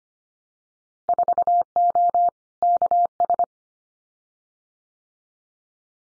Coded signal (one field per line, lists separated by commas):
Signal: Morse code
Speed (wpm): 25 wpm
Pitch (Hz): 700 Hz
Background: none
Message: 4O KS